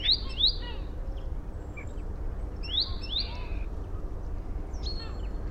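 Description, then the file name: Great tit calls: pairs of sharp upward-sweeping notes, repeated in a few small clusters, over constant low rumbling noise. "Parus major"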